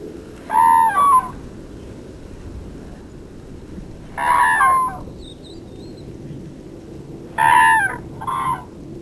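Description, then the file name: Crane giving three loud, brassy trumpeting calls at irregular intervals, the last one doubled, over steady low background noise. "Gru"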